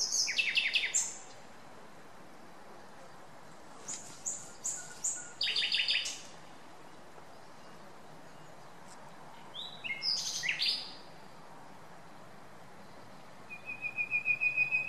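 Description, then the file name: Common nightingale singing short, separated phrases of sharp repeated notes and slurs, with pauses between, ending on a fast run of repeated notes on one pitch. "Luscinia megarhynchos"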